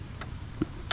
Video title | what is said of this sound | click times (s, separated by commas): MERCURY 2.5L WATER PUMP & IMPELLOR REPLACEMENT; 100-Hr Service | you'll hear the torque wrench click when it's done. | 0.9 s